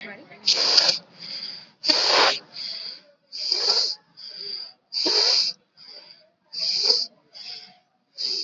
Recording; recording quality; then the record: shallow breathing; excellent, no background noise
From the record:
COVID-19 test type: RT-PCR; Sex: male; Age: 29 years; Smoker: no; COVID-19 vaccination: both doses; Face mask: worn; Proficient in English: yes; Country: India